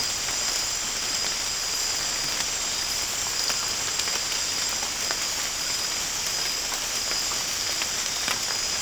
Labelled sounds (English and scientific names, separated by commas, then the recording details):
none
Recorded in secondary vegetation near Puerto Asís, Putumayo, Colombia, on 8 March 2025 at 03:00
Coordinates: 0.502, -76.326
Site G100